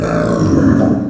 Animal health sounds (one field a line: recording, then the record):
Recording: squeal of a Yucatan mini pig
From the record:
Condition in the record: after surgery on the right vocal fold (resection and tissue-engineered implant)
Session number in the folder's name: 7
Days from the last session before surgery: 47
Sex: female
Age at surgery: 19 weeks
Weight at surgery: 25 kg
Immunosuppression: prednisolone